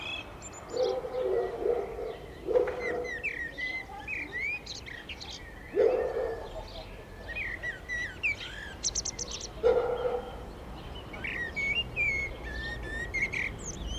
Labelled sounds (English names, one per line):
Common Blackbird song